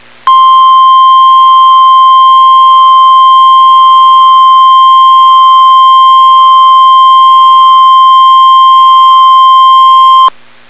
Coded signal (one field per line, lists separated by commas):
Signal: Emergency Alert System (SAME) tones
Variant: 1050 Hz attention tone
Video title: Tornado Warning (EAS #365)